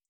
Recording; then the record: hydrophone in a shrimp aquaculture tank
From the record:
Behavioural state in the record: feeding